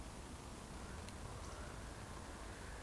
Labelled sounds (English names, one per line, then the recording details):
Eurasian Woodcock whistle
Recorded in Baden-Württemberg, Germany, on 15 June 2020 at 20:39 UTC
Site 14569, 102 m above sea level